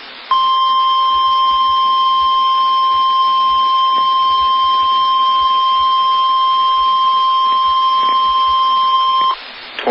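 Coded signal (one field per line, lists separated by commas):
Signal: Emergency Alert System (SAME) tones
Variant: 1050 Hz attention tone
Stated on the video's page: Real tornado emergency alert broadcast on NOAA Weather Radio.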